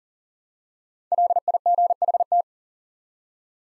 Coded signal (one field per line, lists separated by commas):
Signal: Morse code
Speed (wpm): 40 wpm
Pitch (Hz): 700 Hz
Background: none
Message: LIGHT